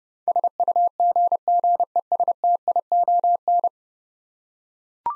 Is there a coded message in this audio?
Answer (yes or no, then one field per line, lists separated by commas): yes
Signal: Morse code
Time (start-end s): 0.3-3.7 s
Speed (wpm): 30 wpm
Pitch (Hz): 700 Hz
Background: none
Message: SUGGESTION